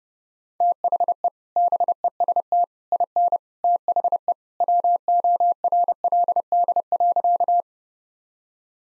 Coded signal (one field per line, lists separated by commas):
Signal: Morse code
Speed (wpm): 30 wpm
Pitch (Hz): 700 Hz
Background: none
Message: THE BEST IN THE WORLD.